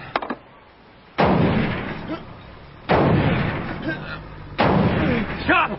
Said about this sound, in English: Probably an alarm on the door. Sounds like a sledgehammer. A sledgehammer? That door's armor plated.